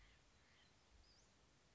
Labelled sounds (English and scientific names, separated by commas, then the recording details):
Western Flycatcher (Empidonax difficilis)
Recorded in Sonoma County, California